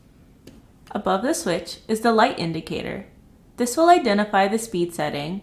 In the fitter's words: snap into place